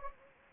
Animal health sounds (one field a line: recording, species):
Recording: mosquito wingbeat signal from an infrared sensor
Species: Anopheles gambiae